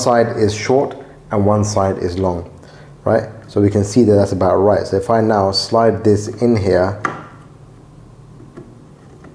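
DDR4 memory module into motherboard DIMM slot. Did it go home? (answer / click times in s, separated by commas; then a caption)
no / none. Someone talks while the first DDR4 memory module is slid into a DIMM slot on a Gigabyte X570i motherboard and lined up. Speech then gives way to quiet handling with brief faint ticks at about 8.6 s and 9.3 s. The module has not clicked or seated yet.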